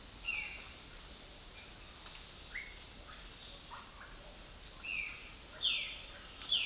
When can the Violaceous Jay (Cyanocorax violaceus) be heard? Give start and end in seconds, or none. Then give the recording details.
0.18-0.65, 4.77-5.21, 5.57-6.65. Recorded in dense forest near Puerto Asís, Putumayo, Colombia, on 19 February 2024 at 17:00. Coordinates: 0.502, -76.324. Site G6370